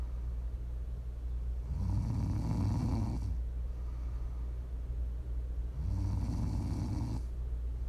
ASMR Snoring.